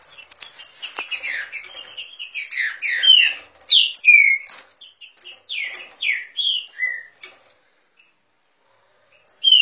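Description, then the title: Green-winged saltator pouring out a dense jumble of high chips and falling whistled notes, then going quiet for about two seconds before one more whistle. Bird warming up its song. "Canto De Trinca Ferro. Trinca Ferro esquentando!"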